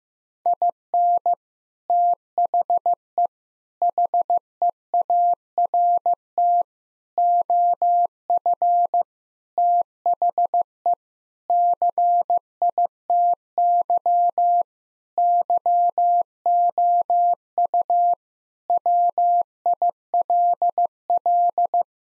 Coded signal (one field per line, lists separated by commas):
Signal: Morse code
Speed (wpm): 15 wpm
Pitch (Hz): 700 Hz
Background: none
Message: IN THE HEART OF THE CITY YOU WILL